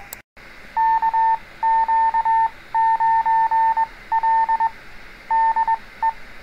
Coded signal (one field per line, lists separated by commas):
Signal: Morse code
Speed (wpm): 21 wpm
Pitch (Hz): 900 Hz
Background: none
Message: KQ9L DE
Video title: Learn CW Morse Code | How to Answer a CQ Call | Absolute Beginners